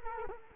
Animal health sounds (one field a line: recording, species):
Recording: mosquito wingbeat signal from an infrared sensor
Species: Culex quinquefasciatus